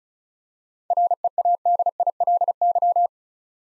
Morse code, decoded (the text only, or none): READILY